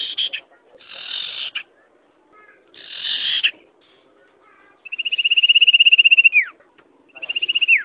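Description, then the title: Bird song: harsh scratchy bursts at first, then a long rapid high trill with a falling slur and a shorter trill after it. "burung online"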